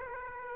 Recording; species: mosquito wingbeat signal from an infrared sensor; Aedes aegypti